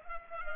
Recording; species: mosquito wingbeat signal from an infrared sensor; Culex pipiens